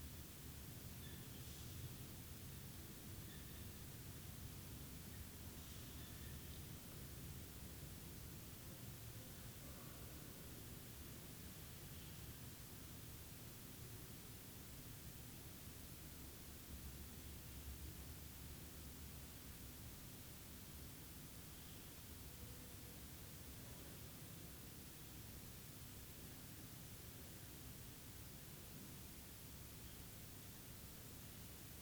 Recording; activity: daily activity, guitar pickup as the sensor; sit